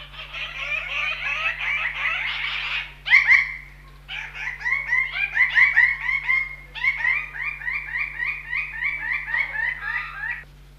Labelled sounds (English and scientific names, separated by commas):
Greater Bird-of-paradise (Paradisaea apoda) call